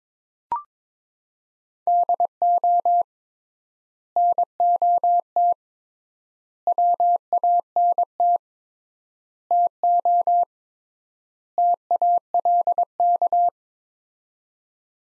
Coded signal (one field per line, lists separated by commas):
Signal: Morse code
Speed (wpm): 22 wpm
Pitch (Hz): 700 Hz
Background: none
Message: DO NOT WANT TO TALK